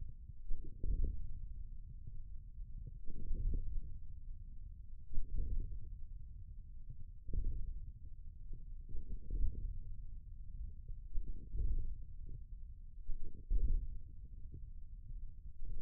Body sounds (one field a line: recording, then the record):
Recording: forearm muscle sounds (acoustic myography)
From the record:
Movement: hand opening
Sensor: system 1, eight BSWA MPA416 microphones around the upper forearm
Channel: 6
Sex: male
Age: 41 years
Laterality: right